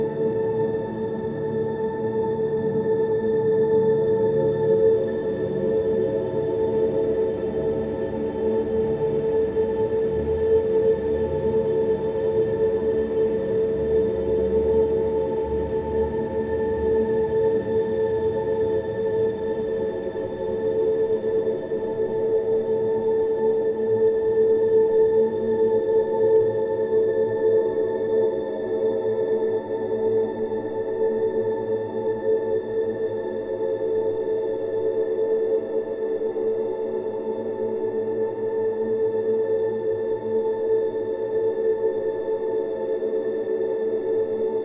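A steady room tone hum with a strong low-mid drone and faint high whine, rumbling softly underneath and holding level throughout.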